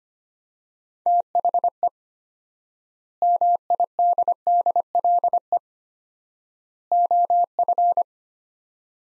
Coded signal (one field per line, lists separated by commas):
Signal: Morse code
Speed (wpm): 25 wpm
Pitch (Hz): 700 Hz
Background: none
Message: THE MIDDLE OF